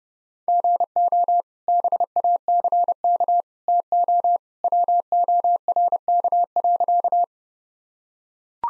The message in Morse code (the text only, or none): GO BACK TO WORK.